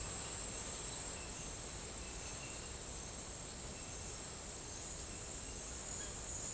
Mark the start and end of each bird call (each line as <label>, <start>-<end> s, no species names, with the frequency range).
bird call (2.2-3.2 kHz), 0.97-2.73 s
bird call (1.1-4.6 kHz), 5.74-6.15 s